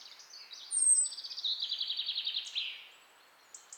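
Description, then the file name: European robin singing: a high sustained whistle, then a fast run of sweet, evenly repeated notes that fade, followed by a short high flourish. "Erithacus rubecula"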